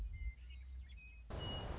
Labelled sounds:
Western Meadowlark (Sturnella neglecta)
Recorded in Sonoma County, California

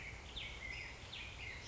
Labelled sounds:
Black-headed Grosbeak (Pheucticus melanocephalus)
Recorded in Sonoma County, California

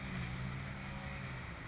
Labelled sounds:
Oak Titmouse (Baeolophus inornatus)
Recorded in Sonoma County, California

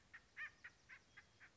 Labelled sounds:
Acorn Woodpecker (Melanerpes formicivorus)
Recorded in Sonoma County, California

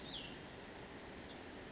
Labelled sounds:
Western Flycatcher (Empidonax difficilis)
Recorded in Sonoma County, California

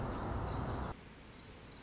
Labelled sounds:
Orange-crowned Warbler (Leiothlypis celata)
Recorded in Sonoma County, California

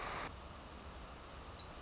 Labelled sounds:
Wilson's Warbler (Cardellina pusilla)
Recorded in Sonoma County, California

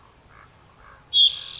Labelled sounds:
Common Raven (Corvus corax)
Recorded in Sonoma County, California

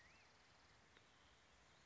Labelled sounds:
Black-headed Grosbeak (Pheucticus melanocephalus)
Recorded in Sonoma County, California

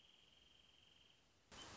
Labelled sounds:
Wrentit (Chamaea fasciata)
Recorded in Sonoma County, California

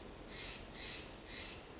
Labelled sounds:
Steller's Jay (Cyanocitta stelleri)
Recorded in Sonoma County, California

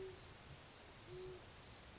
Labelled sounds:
Band-tailed Pigeon (Patagioenas fasciata)
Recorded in Sonoma County, California

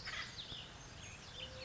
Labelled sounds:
Acorn Woodpecker (Melanerpes formicivorus)
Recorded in Sonoma County, California

